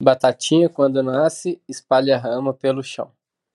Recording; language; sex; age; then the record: short text; Brazilian Portuguese; female; 30 to 39 years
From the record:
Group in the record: control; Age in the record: 32 years